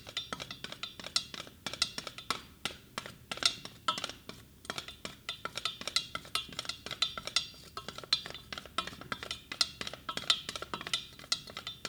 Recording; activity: daily activity, guitar pickup as the sensor; fry